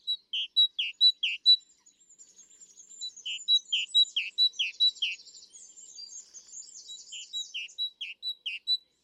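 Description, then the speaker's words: Great Tit song: bold two-note see-sawing phrases, high then lower, repeated rapidly in bursts, with fainter high twittering in the middle. Well-known garden song likened to 'teacher, teacher', see-sawing between two notes in a bold tone; common in gardens. "And the great tit has a well-known song because it goes, teacher, teacher, teacher, teacher, teacher. And so that you get this seesawing between two notes in a bold tone."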